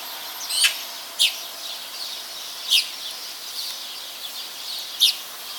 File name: Pica pica